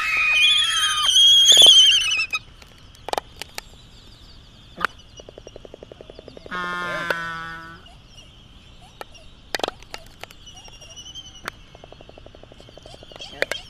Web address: wroblowe ptaki phoebastria immutabilis